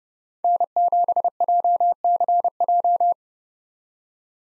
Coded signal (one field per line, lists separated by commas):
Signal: Morse code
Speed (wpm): 39 wpm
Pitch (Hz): 700 Hz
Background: none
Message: N7JCJ